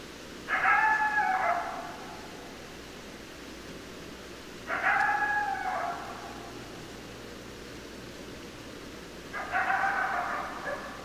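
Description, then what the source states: Coyote howls, three short bursts of wavering howls spaced roughly four to five seconds apart, over faint background hiss. Several coyotes, 10 December 2012.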